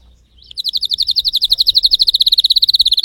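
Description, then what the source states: Canary (Spanish Timbrado): canary song: after a brief faint note, a steady rapid trill of bright, evenly pulsed notes runs continuously to the end. Spanish Timbrado breed of domestic canary, called canário belga in the Portuguese title; singing.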